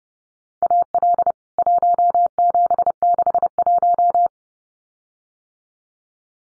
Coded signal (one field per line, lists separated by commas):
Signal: Morse code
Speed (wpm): 30 wpm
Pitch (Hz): 700 Hz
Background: none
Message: AL 1761